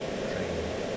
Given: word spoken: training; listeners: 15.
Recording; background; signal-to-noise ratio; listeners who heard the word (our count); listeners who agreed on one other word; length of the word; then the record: one English word in noise, from a listening test; speech-shaped noise; -5.3 dB; 1 of 15; 10 of 15; 0.57 s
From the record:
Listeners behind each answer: 10, 2, 1, 1, 1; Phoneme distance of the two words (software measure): 14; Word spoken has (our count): 2 syllables, 6 phonemes, stress on syllable 1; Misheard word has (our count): 1 syllable, 4 phonemes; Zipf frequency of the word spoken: 4.99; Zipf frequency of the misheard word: 4.98